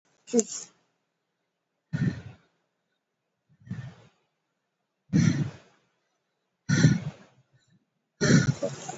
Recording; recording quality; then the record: shallow breathing; excellent, no background noise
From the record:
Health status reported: COVID-19 positive, mild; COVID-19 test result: positive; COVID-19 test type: RT-PCR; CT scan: not taken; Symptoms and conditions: cough, cold, muscle pain, loss of smell and taste, another condition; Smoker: no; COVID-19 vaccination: none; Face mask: not worn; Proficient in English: yes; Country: India